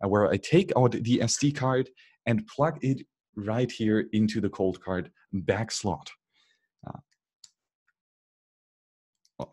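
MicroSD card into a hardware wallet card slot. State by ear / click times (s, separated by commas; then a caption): seated / 9.4 s. A microSD card, taken out of an adapter, is pushed into the card slot on the back of a Coldcard hardware wallet while someone talks for the first six seconds. After a quieter stretch with small handling ticks, the spring-loaded slot latches with a sharp click at 9.4 seconds, seating the card.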